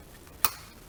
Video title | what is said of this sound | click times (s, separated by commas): 2014 Chevy Cruze Diesel fuel injector removal and install | you hear it click like so and just lift up | 0.4 s